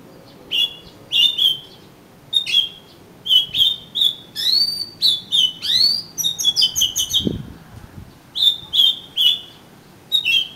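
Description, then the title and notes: Oriental magpie-robin singing: repeated descending whistles, then a dense medley of varied notes, with one soft low thump partway through. "suara kacer. kumpulan suara burung kacer"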